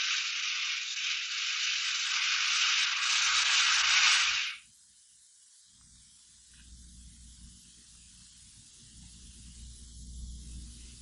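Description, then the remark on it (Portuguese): A burning fuse, lit to blast a small hole in a wall, hisses loudly and steadily for about four seconds, then cuts out abruptly as it goes out, leaving only a faint low rumble and quiet background. “Aconteceu alguma coisa com o pavio.”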